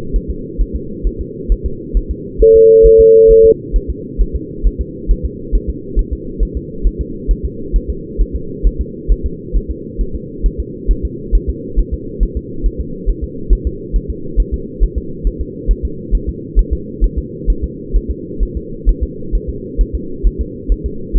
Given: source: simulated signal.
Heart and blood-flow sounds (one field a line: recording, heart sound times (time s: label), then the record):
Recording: fetal heart sounds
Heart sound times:
0.16 s: S1
0.30 s: S2
0.61 s: S1
0.76 s: S2
1.07 s: S1
1.21 s: S2
1.52 s: S1
1.66 s: S2
1.97 s: S1
2.11 s: S2
2.42 s: S1
2.56 s: S2
2.86 s: S1
3.00 s: S2
3.31 s: S1
3.45 s: S2
3.76 s: S1
3.90 s: S2
4.21 s: S1
4.36 s: S2
4.67 s: S1
4.81 s: S2
5.11 s: S1
5.25 s: S2
5.55 s: S1
5.70 s: S2
5.99 s: S1
6.13 s: S2
6.43 s: S1
6.57 s: S2
6.87 s: S1
7.01 s: S2
7.31 s: S1
7.45 s: S2
7.76 s: S1
7.90 s: S2
8.21 s: S1
8.36 s: S2
8.67 s: S1
8.81 s: S2
9.12 s: S1
9.26 s: S2
9.56 s: S1
9.71 s: S2
10.01 s: S1
10.15 s: S2
10.46 s: S1
10.60 s: S2
10.91 s: S1
11.05 s: S2
11.35 s: S1
11.50 s: S2
11.79 s: S1
11.94 s: S2
12.23 s: S1
12.37 s: S2
12.66 s: S1
12.81 s: S2
13.09 s: S1
13.24 s: S2
13.53 s: S1
13.67 s: S2
13.96 s: S1
14.10 s: S2
14.40 s: S1
14.54 s: S2
14.84 s: S1
14.98 s: S2
15.27 s: S1
15.41 s: S2
15.71 s: S1
15.85 s: S2
16.15 s: S1
16.29 s: S2
16.59 s: S1
16.73 s: S2
17.04 s: S1
17.18 s: S2
17.50 s: S1
17.64 s: S2
17.96 s: S1
18.11 s: S2
18.43 s: S1
18.57 s: S2
18.89 s: S1
19.03 s: S2
19.35 s: S1
19.50 s: S2
19.81 s: S1
19.95 s: S2
20.27 s: S1
20.41 s: S2
20.72 s: S1
20.86 s: S2
21.17 s: S1
From the record:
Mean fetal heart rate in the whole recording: 135 bpm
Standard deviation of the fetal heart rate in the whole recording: 3 bpm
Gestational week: 36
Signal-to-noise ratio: -4.3 dB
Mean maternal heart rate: 72 bpm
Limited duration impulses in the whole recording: present